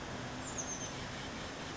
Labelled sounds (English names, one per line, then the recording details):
Oak Titmouse
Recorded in Sonoma County, California